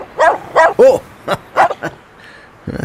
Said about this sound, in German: Wuff, wuff, wuff.